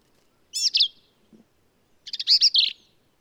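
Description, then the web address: Black-capped vireo song: two harsh, scratchy, chattering phrases about one and a half seconds apart, with quiet pauses between. "birdsongforthecurious songs Black-capped Vireo"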